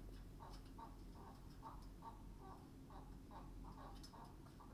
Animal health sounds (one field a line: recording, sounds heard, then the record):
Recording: poultry house recording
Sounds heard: healthy chickens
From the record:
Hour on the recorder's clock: 21